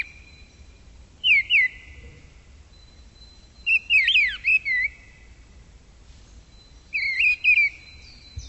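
Bird giving three short bursts of bright, warbling chirps with quick rising and falling notes, separated by pauses of a few seconds, over a steady high tone and low rumble.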